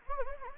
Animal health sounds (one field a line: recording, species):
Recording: mosquito wingbeat signal from an infrared sensor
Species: Anopheles gambiae